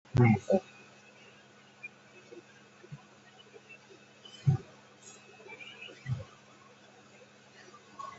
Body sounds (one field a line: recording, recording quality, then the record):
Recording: shallow breathing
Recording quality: excellent, no background noise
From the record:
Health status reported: COVID-19 positive, mild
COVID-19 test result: positive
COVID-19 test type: RT-PCR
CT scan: not taken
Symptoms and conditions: cough, fatigue, diarrhoea, hypertension, diabetes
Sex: male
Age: 66 years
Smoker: no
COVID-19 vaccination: both doses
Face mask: not worn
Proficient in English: yes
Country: India